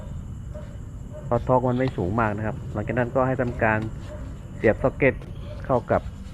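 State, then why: Not seated. A wiring harness connector is being handled over the terminal of a mass air flow sensor after the sensor has been cleaned, while someone talks throughout over a faint steady background hiss. The connector has not seated or clicked yet.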